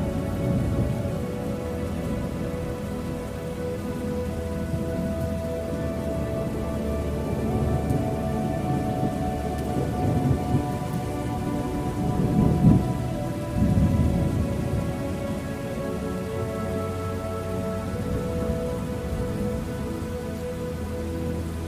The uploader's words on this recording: Thunderstorms and Music for Meditation. Meditation music and nature sounds.